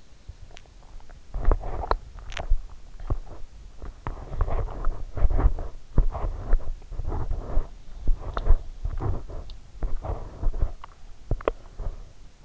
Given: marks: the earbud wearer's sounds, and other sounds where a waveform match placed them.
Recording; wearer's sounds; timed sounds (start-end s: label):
sounds in sleep by an in-ear microphone; swallowing, teeth grinding
0.00-1.30 s: swallowing
1.61-12.44 s: teeth grinding